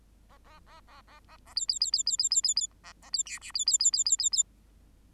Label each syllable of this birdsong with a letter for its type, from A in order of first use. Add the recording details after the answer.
A A A A A A A B B B B B B B B B A A B C D B B B B B B B. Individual Bird8